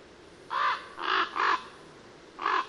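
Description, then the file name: Common raven giving four hoarse, croaking caws, three in quick succession then one more after a pause, over faint background hiss. "Corvo Imperiale"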